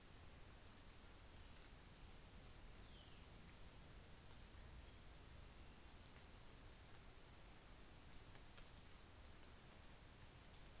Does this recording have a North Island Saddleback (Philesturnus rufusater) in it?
no